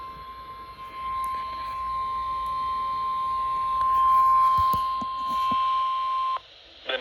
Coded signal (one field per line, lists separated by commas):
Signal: Emergency Alert System (SAME) tones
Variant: 1050 Hz attention tone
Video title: EAS 347 SVR